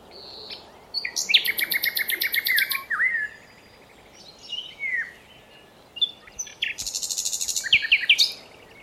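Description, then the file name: Common nightingale song: loud rapid trills of repeated notes, slurred whistles and a final fast rattling phrase, separated by short pauses over low hiss. "Luscinia megarhynchos"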